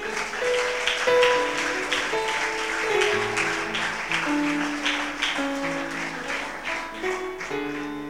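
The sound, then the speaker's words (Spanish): An audience claps steadily in praise of the Lord, a dense, continuous wash of applause, with sustained musical tones holding beneath the clapping throughout. “Aplauda al Señor.”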